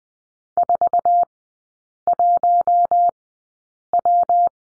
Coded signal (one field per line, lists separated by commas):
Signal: Morse code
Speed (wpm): 20 wpm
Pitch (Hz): 700 Hz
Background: none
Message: 41W